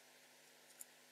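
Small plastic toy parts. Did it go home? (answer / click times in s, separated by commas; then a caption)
yes / 0.8 s. The two halves of a plastic accessory from the PP05M Medical Specialist transforming-robot toy are pressed together, the fit a little stiff. Over a steady low hiss, a single short, sharp click at 0.8 s marks the bottom half snapping into place against the top half, leaving the halves seated together.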